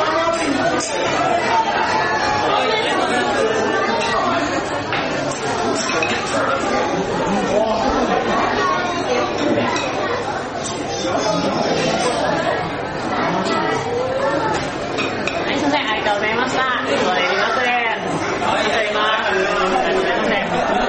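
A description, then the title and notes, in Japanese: Busy conveyor-belt sushi restaurant, a dense, steady murmur of many overlapping voices filling an indoor room, with occasional faint clinks of dishes. 回転寿司。待っている時。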